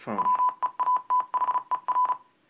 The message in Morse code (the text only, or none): WEATHER